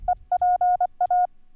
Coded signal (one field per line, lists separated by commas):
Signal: Morse code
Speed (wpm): 24 wpm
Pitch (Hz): 720 Hz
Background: none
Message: EPA